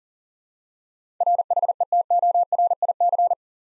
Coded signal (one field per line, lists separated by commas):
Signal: Morse code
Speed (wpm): 40 wpm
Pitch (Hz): 700 Hz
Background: none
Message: RHETORIC